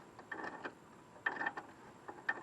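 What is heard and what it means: A wrench is turned on a nut on a steel stud in the front suspension of a Jeep Compass, giving short bursts of metallic ratcheting clicks, with the sharpest click at 1.3 s. The nut just spins in place because the stud's threads have stripped.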